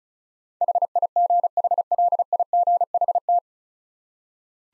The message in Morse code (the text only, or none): HIGHLIGHT